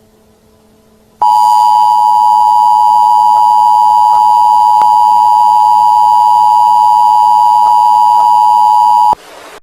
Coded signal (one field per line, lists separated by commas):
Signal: Emergency Alert System (SAME) tones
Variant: 853 and 960 Hz attention tone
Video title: Nickelodeon EAS Hack - Thanksgiving 2004 (FAKE)